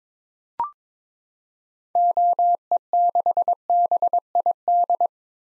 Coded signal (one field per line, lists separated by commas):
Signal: Morse code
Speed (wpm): 22 wpm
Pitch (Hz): 700 Hz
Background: none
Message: OE6BID